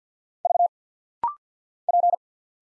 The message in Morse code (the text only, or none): V P